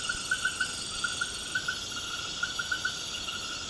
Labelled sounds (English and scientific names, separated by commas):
none